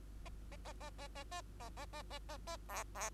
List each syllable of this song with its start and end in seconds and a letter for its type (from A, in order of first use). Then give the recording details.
0.26-0.29 A, 0.51-0.57 A, 0.65-0.73 A, 0.80-0.90 A, 0.98-1.08 A, 1.15-1.24 A, 1.31-1.41 A, 1.60-1.69 A, 1.77-1.86 A, 1.93-2.02 A, 2.10-2.19 A, 2.29-2.37 A, 2.47-2.57 A, 2.69-2.84 B, 2.95-3.10 B. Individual Bird2